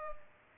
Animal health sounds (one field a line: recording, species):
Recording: mosquito wingbeat signal from an infrared sensor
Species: Culex pipiens